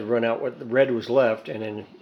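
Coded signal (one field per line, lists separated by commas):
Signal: none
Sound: 3D printer beeps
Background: speech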